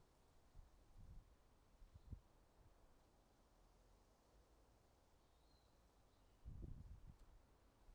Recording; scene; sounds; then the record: everyday scene through a hearing-aid microphone; wind on the microphone; wind, traffic, birds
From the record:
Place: suburban garden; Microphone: in the ear canal, right